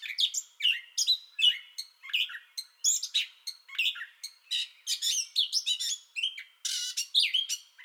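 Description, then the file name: Gray catbird pouring out a varied, disjointed song of mews, squeaks and buzzy whistles, phrases changing constantly, one brief harsh burst near the end. Song bout already in progress, recorded 30 May 2021. "2021-05-30 Gray Catbird Song Bout Already Going"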